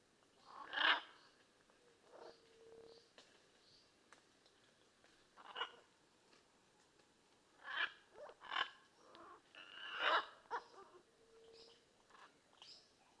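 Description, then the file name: Blue-and-yellow macaw repeating short, grating squawks at uneven intervals, with softer calls between. "Blue and yellow Macaw Ara ararauna"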